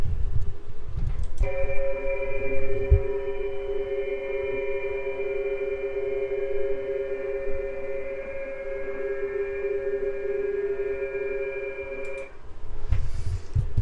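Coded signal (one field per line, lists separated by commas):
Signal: PSK31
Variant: multiple signals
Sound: several steady warbling tones at different pitches sounding together, starting and stopping abruptly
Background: radio static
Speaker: I want you to hear what PSK 31 sounds like. So here we [Music] go.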